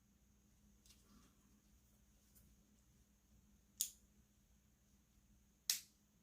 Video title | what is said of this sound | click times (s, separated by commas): MYAPULUA 20mm Braided Magnetic Bands for Samsung Galaxy Watch 4 Classic Unboxing & First Impressions | there we go and then clicks into place | 5.7 s